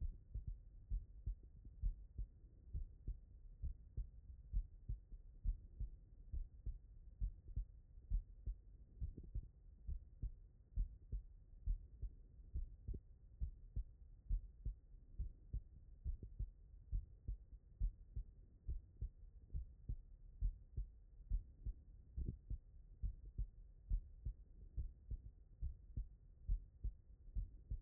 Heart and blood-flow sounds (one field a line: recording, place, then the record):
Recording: heart sounds by stethoscope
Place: tricuspid valve (TV)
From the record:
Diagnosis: non-HFrEF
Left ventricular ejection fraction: 74%